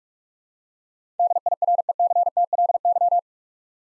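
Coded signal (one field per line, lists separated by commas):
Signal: Morse code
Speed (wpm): 44 wpm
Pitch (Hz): 700 Hz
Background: none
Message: DIRECTLY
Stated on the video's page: Morse practice of 8-letter words at 45 wpm, each sent twice.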